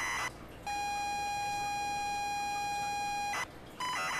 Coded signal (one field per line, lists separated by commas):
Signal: ZX Spectrum tape loading